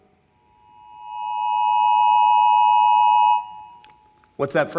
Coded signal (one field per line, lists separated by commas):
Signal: Emergency Alert System (SAME) tones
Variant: 853 and 960 Hz attention tone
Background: speech, music